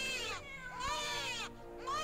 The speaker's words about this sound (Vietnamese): Tôi đang rảo bước, tôi nghe loáng thoáng có tiếng mèo kêu. Ở đâu? Mẹ nó chứ, bệnh viện thì làm gì có mèo nhỉ? Đến lúc tập trung tinh thần lại, nghe kỹ thì lại loáng thoáng như tiếng trẻ sơ sinh khóc.